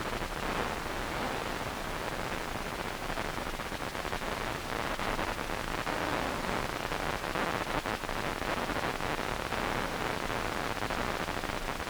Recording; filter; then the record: brain microelectrode recording played as sound; wide band, above 20 Hz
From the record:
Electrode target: subthalamic nucleus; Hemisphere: right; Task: reaching with the left hand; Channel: 2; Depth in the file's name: 5.102 mm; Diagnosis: Parkinson's disease